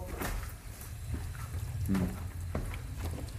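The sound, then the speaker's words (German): Water runs in a steady, continuous hiss over a low rumbling hum, with a few faint knocks and clicks scattered through it. “Hör mal. Das Wasser läuft.”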